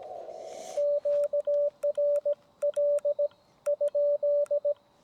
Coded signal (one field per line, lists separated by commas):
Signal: Morse code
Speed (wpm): 17 wpm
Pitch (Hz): 580 Hz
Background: radio noise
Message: QRL ?